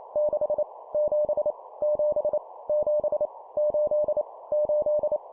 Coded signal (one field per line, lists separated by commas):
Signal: Morse code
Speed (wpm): 28 wpm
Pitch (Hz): 600 Hz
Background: none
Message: 6 7 7 7 8 8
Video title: 25wpm Repeat three times Number, CW morse code Copy Speed improvement